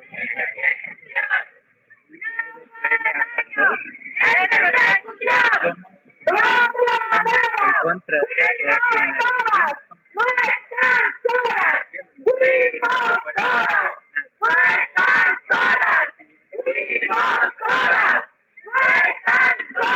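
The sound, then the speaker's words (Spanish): A protest crowd at a sit-in against criminalization shouts the chant "fuimos todas" in loud, rhythmic bursts separated by short pauses, many raised voices strained and high-pitched, carrying on steadily throughout. “Y con este grito tan importante que fuimos todas, estamos manifestando por una acción legítima y posicionando nuestra palabra, nuestro espacio radiofónico, porque no vamos a permitir una ola violenta de criminalización que nos va a quitar la calle.”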